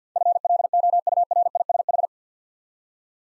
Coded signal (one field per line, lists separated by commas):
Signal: Morse code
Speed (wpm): 49 wpm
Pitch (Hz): 700 Hz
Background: none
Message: FLOURISH